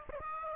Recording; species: mosquito wingbeat signal from an infrared sensor; Aedes aegypti